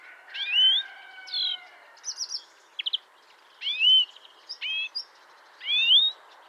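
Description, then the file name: European greenfinch calls: a long nasal note with rising tweets, a quick stuttered trill, then more upslurred chirps. "Chloris chloris"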